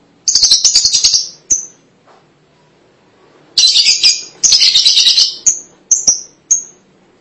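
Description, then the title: Lovebird chattering: a harsh rapid chattering burst, a quiet gap, then more chatter followed by sharp spaced chirps. "BM Suara Burung Lovebird"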